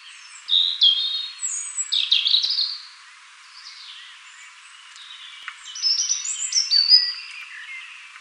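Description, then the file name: European robin in song: rapid, tinkling high phrases mixing descending slurs and sharp chips, with a quiet gap in the middle before another sparkling burst. "Erithacus rubecula"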